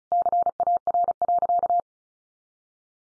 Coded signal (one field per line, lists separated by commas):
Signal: Morse code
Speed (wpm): 34 wpm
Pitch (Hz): 700 Hz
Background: none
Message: CAR.